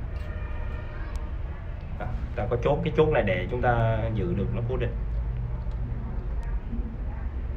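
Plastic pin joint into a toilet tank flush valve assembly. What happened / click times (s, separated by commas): The plastic pin joint is being positioned but has not yet clicked in / none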